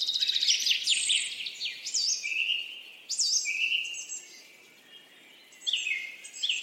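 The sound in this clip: Bird song with bright whistled phrases and high chirps, separated by quieter gaps.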